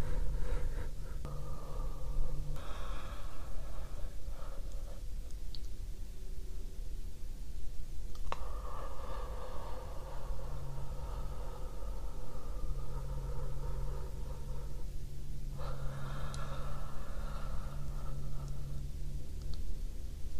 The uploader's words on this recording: ASMR Deep Breathing. Sounds kind of similar to sleeping, but without the snoring.